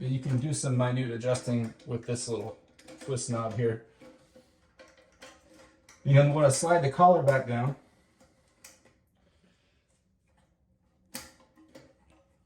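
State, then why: Seated. Someone talks while a locking collar on a toilet tank fill valve is slid back down over the plastic valve body. It snaps and locks in place with a sharp click at 11.2 s, followed by a few faint taps.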